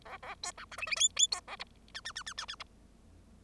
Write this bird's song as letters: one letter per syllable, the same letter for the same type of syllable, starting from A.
A A B C D E E F F B A G H H H H H H G